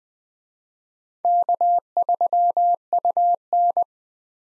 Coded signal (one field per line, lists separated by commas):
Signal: Morse code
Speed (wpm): 20 wpm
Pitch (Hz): 700 Hz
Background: none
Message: K3UN